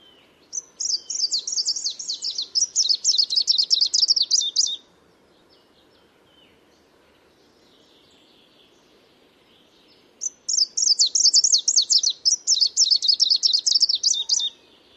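Bird song: two bursts of fast, high, buzzy twittering notes, each lasting about four seconds, separated by a quiet gap of several seconds.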